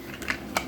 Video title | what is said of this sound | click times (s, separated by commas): Black Scorpion Makes The Best Competition Holster | You can hear it lock right there. | 0.3 s, 0.6 s